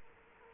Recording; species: mosquito wingbeat signal from an infrared sensor; Culex quinquefasciatus